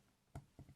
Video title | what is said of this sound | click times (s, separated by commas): Snap Fill Inkcor - Como utilizar seu Snap Fill pressurizador de cartuchos em cartuchos HP e Canon | e pronto fez o clique já está preso agora eu vou lá encaixa minha | 0.4 s